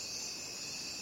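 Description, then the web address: Crickets make a short burst of steady, shrill trilling with no change in pitch or rhythm. Crickets calling at night. "the sound pack tree. night crickets"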